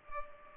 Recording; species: mosquito wingbeat signal from an infrared sensor; Culex pipiens